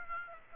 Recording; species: mosquito wingbeat signal from an infrared sensor; Aedes aegypti